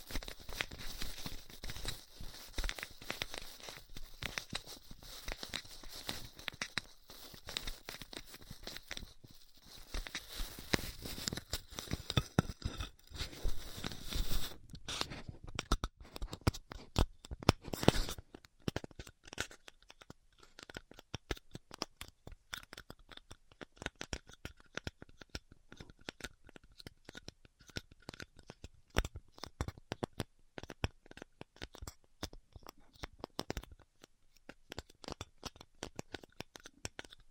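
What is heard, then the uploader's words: Styrofoam being heat cut, a dense crackling and scratchy hiss. The first fifteen seconds are thick and continuous with a bright sizzle, then it breaks into sparser, rapid clicks and ticks that keep going irregularly, with a faint steady tone appearing underneath. ASMR Styrofoam Heat Cutting (No Talking).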